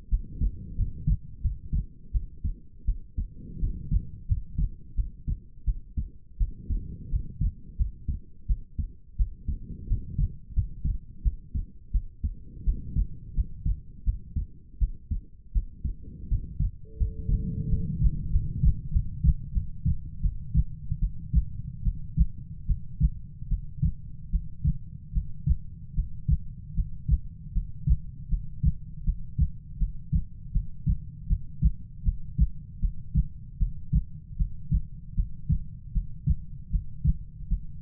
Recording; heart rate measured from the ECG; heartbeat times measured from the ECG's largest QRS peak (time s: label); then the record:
heart sounds by stethoscope; 82 bpm
0.09 s: heartbeat
0.76 s: heartbeat
1.41 s: heartbeat
2.12 s: heartbeat
2.85 s: heartbeat
3.59 s: heartbeat
4.26 s: heartbeat
4.95 s: heartbeat
5.65 s: heartbeat
6.38 s: heartbeat
7.09 s: heartbeat
7.76 s: heartbeat
8.47 s: heartbeat
9.16 s: heartbeat
9.87 s: heartbeat
10.53 s: heartbeat
11.22 s: heartbeat
11.91 s: heartbeat
12.64 s: heartbeat
13.34 s: heartbeat
14.04 s: heartbeat
14.78 s: heartbeat
15.52 s: heartbeat
16.28 s: heartbeat
16.97 s: heartbeat
17.68 s: heartbeat
18.30 s: heartbeat
18.91 s: heartbeat
19.52 s: heartbeat
20.21 s: heartbeat
20.99 s: heartbeat
21.83 s: heartbeat
22.66 s: heartbeat
23.48 s: heartbeat
24.30 s: heartbeat
25.12 s: heartbeat
25.94 s: heartbeat
26.74 s: heartbeat
27.53 s: heartbeat
28.29 s: heartbeat
29.04 s: heartbeat
29.78 s: heartbeat
30.52 s: heartbeat
31.27 s: heartbeat
32.03 s: heartbeat
32.80 s: heartbeat
33.58 s: heartbeat
34.37 s: heartbeat
35.15 s: heartbeat
35.92 s: heartbeat
36.70 s: heartbeat
37.48 s: heartbeat
From the record:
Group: healthy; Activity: rest 0-10 s, breath hold 10-38 s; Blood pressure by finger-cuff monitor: 103/68 mmHg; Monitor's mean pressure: 77 mmHg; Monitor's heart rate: 83 bpm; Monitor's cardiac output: 6.6 L/min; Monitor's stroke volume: 78 mL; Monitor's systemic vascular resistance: 840 dyn s/cm5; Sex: female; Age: 19 years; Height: 163 cm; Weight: 48.9 kg